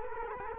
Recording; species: mosquito wingbeat signal from an infrared sensor; Culex quinquefasciatus